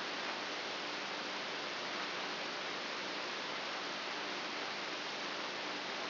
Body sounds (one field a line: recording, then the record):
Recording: brain microelectrode recording played as sound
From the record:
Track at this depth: inside the subthalamic nucleus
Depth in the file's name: 5.04 mm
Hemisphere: right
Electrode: 2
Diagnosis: Parkinson's disease